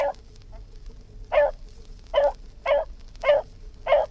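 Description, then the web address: Dog giving one bark, a pause, then five more barks in quick succession, over a steady background hum. Barking; historical recording. "Sound Effects-BBC Dog"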